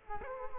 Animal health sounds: mosquito wingbeat signal from an infrared sensor; Culex quinquefasciatus

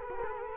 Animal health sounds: mosquito wingbeat signal from an infrared sensor; Culex quinquefasciatus

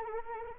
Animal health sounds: mosquito wingbeat signal from an infrared sensor; Anopheles arabiensis

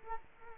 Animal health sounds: mosquito wingbeat signal from an infrared sensor; Culex quinquefasciatus

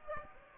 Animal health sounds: mosquito wingbeat signal from an infrared sensor; Aedes aegypti

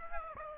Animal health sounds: mosquito wingbeat signal from an infrared sensor; Aedes aegypti

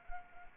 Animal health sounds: mosquito wingbeat signal from an infrared sensor; Anopheles arabiensis

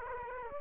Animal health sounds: mosquito wingbeat signal from an infrared sensor; Aedes aegypti

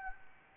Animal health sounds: mosquito wingbeat signal from an infrared sensor; Anopheles arabiensis

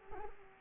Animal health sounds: mosquito wingbeat signal from an infrared sensor; Culex quinquefasciatus

